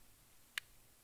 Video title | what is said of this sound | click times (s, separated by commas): 🔴Replay: Turning the Aluminum Crinkle Ornament Pen #withme - Episode 59 | I can kind of be on camera and you can hear the click hear | 0.6 s